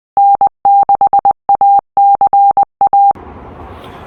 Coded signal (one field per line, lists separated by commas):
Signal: Morse code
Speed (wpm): 20 wpm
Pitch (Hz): 800 Hz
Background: none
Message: N6ACA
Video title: Why become a ham in 2026? - DC to Daylight - Aaron N6ACA